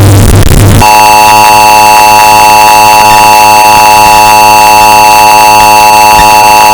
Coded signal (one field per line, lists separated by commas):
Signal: Emergency Alert System (SAME) tones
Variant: 853 and 960 Hz attention tone